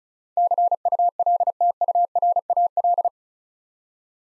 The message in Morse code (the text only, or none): CULTURAL